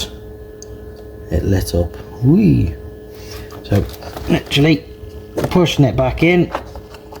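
A plastic puddle light projector housing for a MINI Cooper (F65, F66, F67, J01, J05, U25) is being pushed back into its opening in the car door trim panel while someone talks. Only faint handling sounds are heard under the voice. Nothing has seated or clicked yet when the clip ends.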